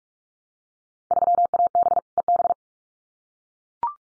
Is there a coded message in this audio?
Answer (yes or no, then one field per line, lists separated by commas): yes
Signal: Morse code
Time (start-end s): 1.1-2.5 s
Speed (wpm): 44 wpm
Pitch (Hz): 700 Hz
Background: none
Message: 3AB EB